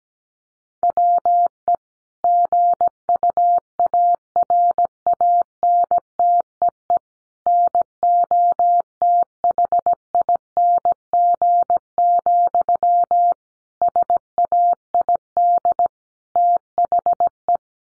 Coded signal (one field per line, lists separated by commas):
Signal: Morse code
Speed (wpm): 17 wpm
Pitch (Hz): 700 Hz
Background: none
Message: WE GUARANTEE NOTHING, SAID THE